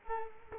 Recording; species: mosquito wingbeat signal from an infrared sensor; Culex quinquefasciatus